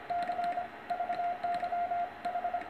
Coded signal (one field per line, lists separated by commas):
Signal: Morse code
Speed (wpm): 26 wpm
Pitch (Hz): 700 Hz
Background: radio noise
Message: C VY H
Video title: DL1DGS. SERG TKS QSO CW 10M #py1ax